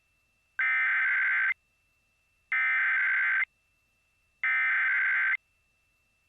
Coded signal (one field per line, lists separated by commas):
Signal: Emergency Alert System (SAME) tones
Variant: header bursts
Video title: EAS - Not Lovin' It